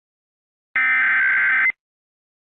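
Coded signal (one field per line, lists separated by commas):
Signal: Emergency Alert System (SAME) tones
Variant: header bursts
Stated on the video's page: EAS scenario, a fictional alert.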